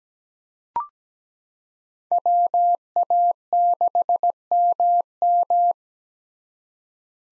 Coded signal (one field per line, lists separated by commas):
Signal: Morse code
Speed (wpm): 17 wpm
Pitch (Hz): 700 Hz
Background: none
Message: WA6MM